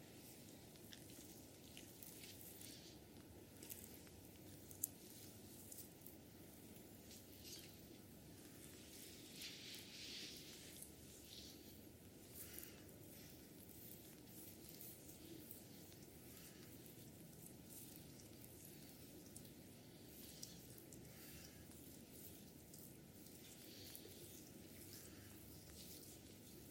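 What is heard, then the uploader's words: Hair being washed during a head massage: steady wet rubbing and squishing throughout, with brief brighter swishes around ten seconds and occasional soft taps. ASMR Relaxing head massage with hair washing.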